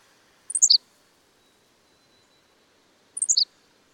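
Bird song: two quick high chirped phrases, each a short run of notes stepping downward, separated by a long silent gap.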